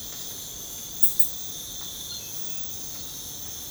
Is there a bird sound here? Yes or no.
no